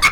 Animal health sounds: pig call; piglet (1 to 25 days)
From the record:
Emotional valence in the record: positive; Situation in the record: reunion after long isolation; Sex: male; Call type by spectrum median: low-frequency call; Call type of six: low-frequency tonal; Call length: 0.12 s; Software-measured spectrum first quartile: 1792 Hz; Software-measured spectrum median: 2302 Hz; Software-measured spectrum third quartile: 4264 Hz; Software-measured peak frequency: 2194 Hz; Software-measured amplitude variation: 162 dB a second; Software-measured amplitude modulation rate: 4.3 a second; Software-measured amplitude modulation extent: 37.3 dB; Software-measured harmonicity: 4.1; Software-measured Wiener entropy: -2.17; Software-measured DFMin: 1097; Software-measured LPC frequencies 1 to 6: 1188, 2214, 3545, 4554, 5418, 6482 Hz

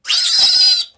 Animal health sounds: pig call; piglet (1 to 25 days)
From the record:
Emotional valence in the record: negative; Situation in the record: restrain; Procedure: back test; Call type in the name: high-frequency call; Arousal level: medium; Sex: female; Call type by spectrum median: high-frequency call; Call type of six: high-frequency stable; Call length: 0.98 s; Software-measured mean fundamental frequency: 256 Hz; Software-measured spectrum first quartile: 4532 Hz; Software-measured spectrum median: 5176 Hz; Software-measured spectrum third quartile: 8275 Hz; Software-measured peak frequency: 4961 Hz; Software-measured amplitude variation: 168 dB a second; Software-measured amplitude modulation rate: 16.4 a second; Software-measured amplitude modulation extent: 10.2 dB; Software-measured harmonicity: 7.0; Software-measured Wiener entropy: -2.98

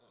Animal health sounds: pig call; piglet (1 to 25 days)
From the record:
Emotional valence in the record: positive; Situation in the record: reunion after long isolation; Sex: male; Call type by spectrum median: low-frequency call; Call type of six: low-frequency tonal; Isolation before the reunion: 8 minutes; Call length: 0.10 s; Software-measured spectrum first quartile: 568 Hz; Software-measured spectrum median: 1942 Hz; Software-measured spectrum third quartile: 5178 Hz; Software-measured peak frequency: 477 Hz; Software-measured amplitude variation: 40 dB a second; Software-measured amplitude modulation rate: 9.9 a second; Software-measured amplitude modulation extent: 4.0 dB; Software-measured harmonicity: 2.0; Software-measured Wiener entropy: -1.53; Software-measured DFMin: 638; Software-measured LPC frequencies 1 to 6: 576, 1228, 2239, 3497, 5231, 6204 Hz

